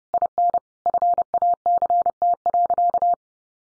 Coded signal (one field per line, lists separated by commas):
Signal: Morse code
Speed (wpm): 30 wpm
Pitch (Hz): 700 Hz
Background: none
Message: IN FACT.